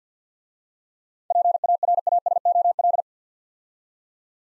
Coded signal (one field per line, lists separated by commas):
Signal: Morse code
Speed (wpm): 53 wpm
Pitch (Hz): 700 Hz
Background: none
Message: PARASOL